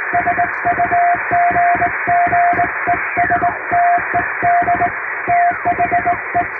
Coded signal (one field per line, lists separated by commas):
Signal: Morse code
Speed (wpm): 20 wpm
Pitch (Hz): 700 Hz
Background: music, radio noise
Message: SUGGESTED THE